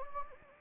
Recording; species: mosquito wingbeat signal from an infrared sensor; Anopheles gambiae